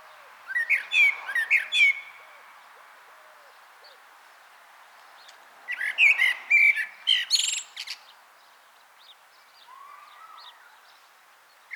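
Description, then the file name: Common blackbird delivering two warbled phrases with high squeaky endings, separated by a quiet gap; soft low notes and a faint whistle sound in the background. "Turdus merula"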